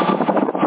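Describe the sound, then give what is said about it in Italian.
Steady, rough rushing noise of a mistral wind buffeting a microphone, surging and dipping in gentle pulses for under a second with no voices. “Ma c'è un bel maestrino, c'è? Ah, vento era.”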